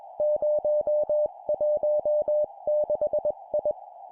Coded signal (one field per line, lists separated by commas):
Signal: Morse code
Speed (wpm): 21 wpm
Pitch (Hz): 600 Hz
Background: music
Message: 016I